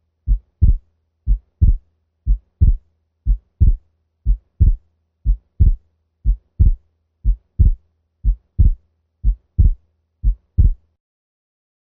Splitting of S2, the degree of splitting of the second heart sound does not appear to be affected by respiration. This may be appreciated in patients with atrial septal defect. 60 beats per minute.